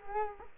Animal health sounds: mosquito wingbeat signal from an infrared sensor; Culex quinquefasciatus

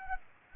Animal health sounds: mosquito wingbeat signal from an infrared sensor; Aedes aegypti

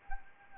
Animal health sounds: mosquito wingbeat signal from an infrared sensor; Anopheles arabiensis

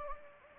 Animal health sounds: mosquito wingbeat signal from an infrared sensor; Anopheles gambiae

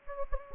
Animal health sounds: mosquito wingbeat signal from an infrared sensor; Anopheles gambiae

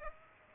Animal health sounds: mosquito wingbeat signal from an infrared sensor; Aedes aegypti

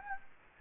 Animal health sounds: mosquito wingbeat signal from an infrared sensor; Anopheles gambiae

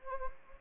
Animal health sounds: mosquito wingbeat signal from an infrared sensor; Anopheles gambiae

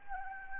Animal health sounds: mosquito wingbeat signal from an infrared sensor; Anopheles arabiensis

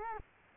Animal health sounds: mosquito wingbeat signal from an infrared sensor; Culex quinquefasciatus

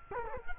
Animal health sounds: mosquito wingbeat signal from an infrared sensor; Culex quinquefasciatus

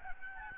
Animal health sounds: mosquito wingbeat signal from an infrared sensor; Aedes albopictus

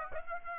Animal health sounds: mosquito wingbeat signal from an infrared sensor; Aedes aegypti

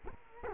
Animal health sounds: mosquito wingbeat signal from an infrared sensor; Culex quinquefasciatus

